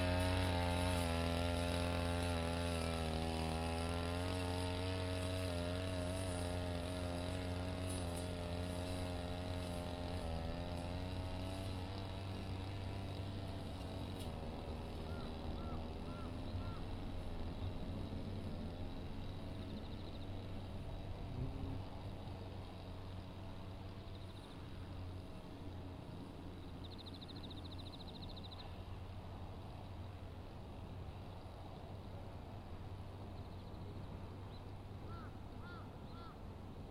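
A brush cutter runs steadily between sweet potato rows, its low engine drone wavering in pitch as it revs up and down throughout.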